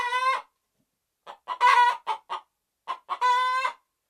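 Red junglefowl calls: drawn-out harmonic squawks alternating with short runs of clucks.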